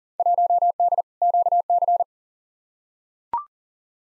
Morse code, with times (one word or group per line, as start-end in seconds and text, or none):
0.2-1.0 1D
1.2-2.0 QC